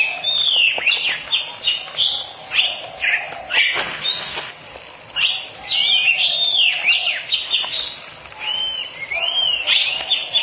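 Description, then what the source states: Oriental magpie-robin song, long series of rich whistled phrases, sweeping up and down, interspersed with a few sharp clicks and short pauses. Long-duration song.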